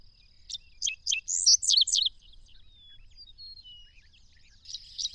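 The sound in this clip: Bird song: bursts of high, rapid chirping notes around half a second to two seconds, then thin descending whistles and a brief chirpy phrase near the end.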